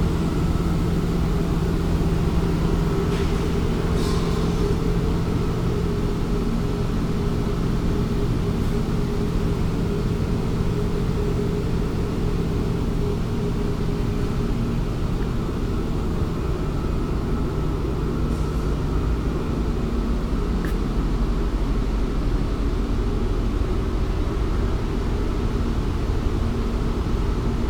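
HVAC and electrical equipment drone steadily throughout, a dense low rumble with a few constant humming tones on top and a thinner whine higher up. The level never changes. Faint ticks and brief hisses stand out now and then, near four, nine and twenty seconds.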